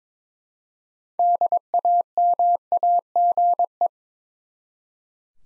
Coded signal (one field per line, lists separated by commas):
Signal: Morse code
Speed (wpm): 21 wpm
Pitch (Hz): 700 Hz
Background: none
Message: DAMAGE